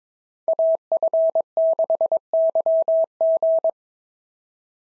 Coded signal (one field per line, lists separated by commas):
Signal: Morse code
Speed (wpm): 22 wpm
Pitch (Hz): 650 Hz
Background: none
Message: AF6YG